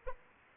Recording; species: mosquito wingbeat signal from an infrared sensor; Anopheles arabiensis